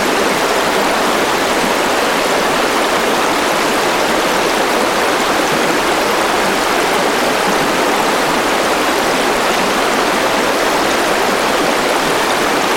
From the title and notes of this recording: River Rushing Loop Sleep Sound. Gentle Water. Enjoy the peaceful, ambient sounds of a gentle creek.